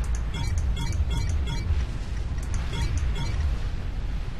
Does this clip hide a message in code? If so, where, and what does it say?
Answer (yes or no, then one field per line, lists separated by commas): no